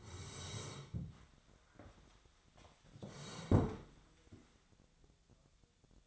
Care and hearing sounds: daily activity, microphone in the room; sit down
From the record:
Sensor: 3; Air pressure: 1015.2 hPa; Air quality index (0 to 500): 167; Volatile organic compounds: 13 ppm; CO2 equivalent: 2396 ppm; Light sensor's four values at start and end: 14/37/15/16 and 15/38/15/16

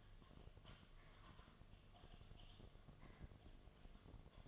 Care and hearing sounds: daily activity, microphone in the room; typing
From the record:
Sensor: 4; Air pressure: 1005.2 hPa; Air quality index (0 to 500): 182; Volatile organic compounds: 5 ppm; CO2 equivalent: 1791 ppm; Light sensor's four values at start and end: 6/12/5/4 and 6/12/5/4

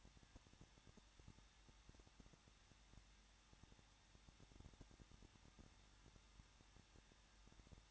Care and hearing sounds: daily activity, microphone in the room; no activity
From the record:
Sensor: 3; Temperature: 21.2 degrees Celsius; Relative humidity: 36.3%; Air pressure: 1006.3 hPa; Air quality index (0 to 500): 222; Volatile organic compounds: 41 ppm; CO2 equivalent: 3165 ppm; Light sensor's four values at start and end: 2/3/2/2 and 2/3/2/2

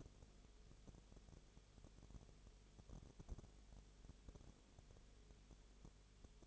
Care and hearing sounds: daily activity, microphone in the room; no activity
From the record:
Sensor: 4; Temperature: 22.0 degrees Celsius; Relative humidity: 29.4%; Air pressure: 1002.1 hPa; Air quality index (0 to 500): 60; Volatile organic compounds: 1 ppm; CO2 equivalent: 611 ppm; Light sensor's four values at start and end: 2/3/1/1 and 2/3/1/1

